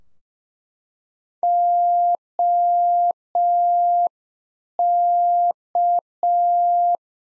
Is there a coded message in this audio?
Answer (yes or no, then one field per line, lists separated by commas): yes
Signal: Morse code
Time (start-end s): 1.4-7.0 s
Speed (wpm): 5 wpm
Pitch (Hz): 700 Hz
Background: none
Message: OK